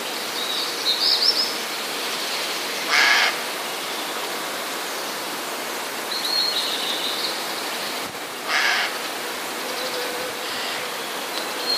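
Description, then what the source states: Eurasian jay harsh rasping screeches, two broad noisy bursts several seconds apart, over steady background hiss. Warning call, recorded 7 June 2014.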